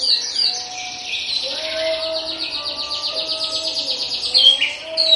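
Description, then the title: Horsfield's bush lark song: sharp chirps opening into a long, rapid, even trill of high ticking notes, then more chirped phrases, over faint steady lower tones. Recorded in Situbondo, East Java. "Branjangan Javanica Ktp Situbondo Jatim"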